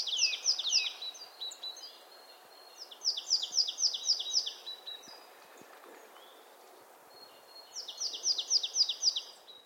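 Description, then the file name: Marsh tit giving three rapid runs of crisp, high, falling notes with quiet gaps between them, over a soft background hiss. "Poecile palustris"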